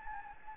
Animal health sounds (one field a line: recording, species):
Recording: mosquito wingbeat signal from an infrared sensor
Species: Anopheles gambiae